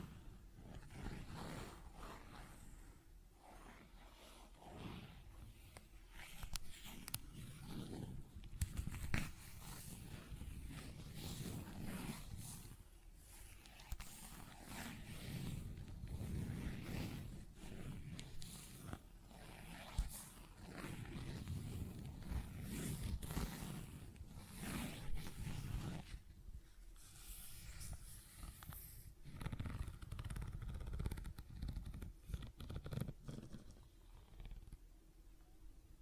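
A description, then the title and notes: ASMR scratching and tapping: dense, continuous rough scratching with a low rustling undertone, punctuated by sharp taps and brighter bursts throughout. ASMR Tapping, Scratching & Zipper Sounds.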